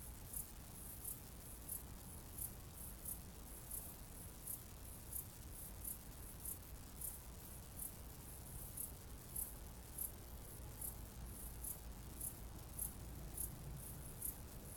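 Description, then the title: Cicada giving sharp, high pulses in a steady series against a constant low-pitched rumble. "jsfanclub_cicade"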